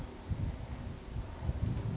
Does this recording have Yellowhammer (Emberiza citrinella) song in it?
no